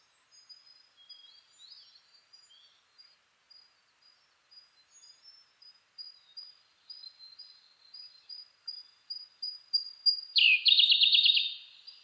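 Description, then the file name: Siberian blue robin song: thin, high, wavering notes repeated faster and louder, ending in a loud, rapid, buzzy rattle of about one second. Recorded 2 June 2010 at 08:36. "koruri-20100602-0836"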